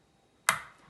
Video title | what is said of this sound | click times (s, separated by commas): How to correctly pour from a mini keg | Okay, you hear the click, okay, and then you're going to turn it, | 0.5 s